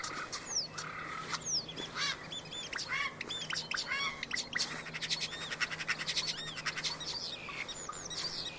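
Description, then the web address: Common starling chattering busily, mixing looping whistles, clicks and buzzy notes in a continuous varied stream. "Deverinetal 2025. Bird Only"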